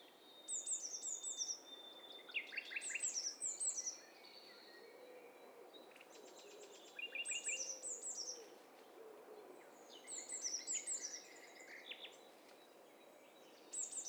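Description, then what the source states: Birds singing over one another: rapid high chirping series and descending trills repeat in clusters every few seconds, with a faint steady insect-like hiss underneath. Overlapping mix of several birds, stereo recording from a bird cocktail party test set.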